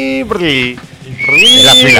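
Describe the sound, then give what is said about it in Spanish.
A voice imitates the knife-sharpener's pan flute whistle, a short melodic run that slides down in pitch, dips, then sweeps up into a bright, sustained high tone. “El afilador ha pasado por mi calle esta mañana y digo, la cantidad de chavales jóvenes que están diciendo, ¿qué pájaro es eso?”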